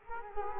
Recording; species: mosquito wingbeat signal from an infrared sensor; Culex quinquefasciatus